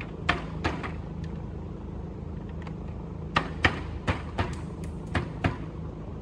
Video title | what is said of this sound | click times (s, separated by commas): NEW 2022-2023 Toyota Tundra Front Grille, Surround, End Cap Removal and Installation. Complete | around this is going to be the lower portion again these just snaps into place | 0.3 s, 0.7 s, 3.4 s, 3.7 s, 5.2 s, 5.4 s